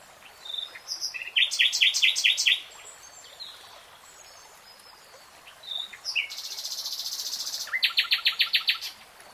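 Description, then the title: Nightingale song phrases: quick repeated chirps, then a dense buzzy burst followed by a fast series of sharp repeated notes. Nightingale singing in real time. "[Tiếng chim hót] Nightingale Singing"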